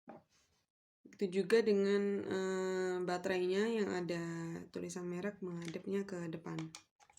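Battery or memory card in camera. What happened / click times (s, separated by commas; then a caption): The part was handled but did not seat / none. A camera battery, or possibly a memory card, is being handled for insertion into the camera's compartment with the brand label facing forward. Someone talks throughout, with faint brief ticks near 0.1 and 7.1 seconds. Nothing has seated or clicked yet.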